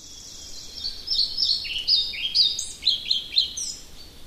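European pied flycatcher song, a phrase of high clear notes varying up and down in a quick, slightly jerky rhythm.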